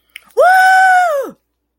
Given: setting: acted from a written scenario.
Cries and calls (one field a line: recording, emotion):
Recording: vocal sound without words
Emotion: triumph